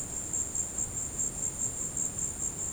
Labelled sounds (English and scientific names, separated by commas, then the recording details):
none
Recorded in dense forest near Puerto Asís, Putumayo, Colombia, on 20 February 2024 at 16:30
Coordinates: 0.486, -76.316
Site G6437